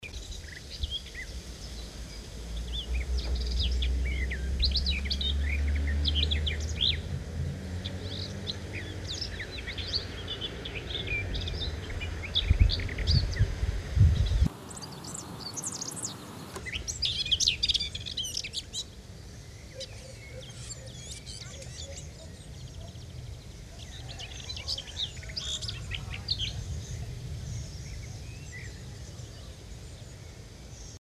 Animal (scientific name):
Sylvia borin